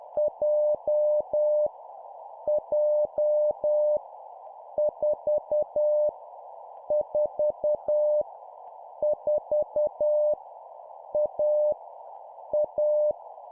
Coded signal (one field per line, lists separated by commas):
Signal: Morse code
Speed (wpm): 10 wpm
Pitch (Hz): 600 Hz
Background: none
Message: J J 4 4 4 A A